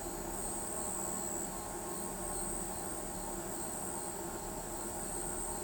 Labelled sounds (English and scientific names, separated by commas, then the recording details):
none
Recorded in pastures near Pivijay, Magdalena, Colombia, on 17 April 2023 at 20:30
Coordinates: 10.456, -74.369
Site P6-G026